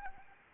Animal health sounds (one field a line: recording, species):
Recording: mosquito wingbeat signal from an infrared sensor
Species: Anopheles arabiensis